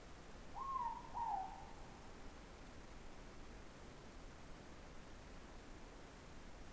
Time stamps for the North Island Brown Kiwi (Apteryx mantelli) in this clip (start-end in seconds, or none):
none